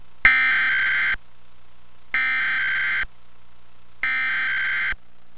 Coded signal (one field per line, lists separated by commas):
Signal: Emergency Alert System (SAME) tones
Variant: header bursts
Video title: EAS: Pennsylvania Required Monthly Tests (4/16/20)(EAS #316-321)